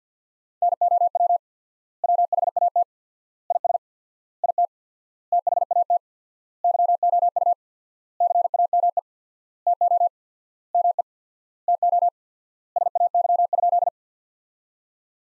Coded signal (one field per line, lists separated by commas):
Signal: Morse code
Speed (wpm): 50 wpm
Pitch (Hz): 700 Hz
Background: none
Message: NOW WHAT IS IT THAT YOU CAME TO ME TO SAY?